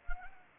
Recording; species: mosquito wingbeat signal from an infrared sensor; Anopheles gambiae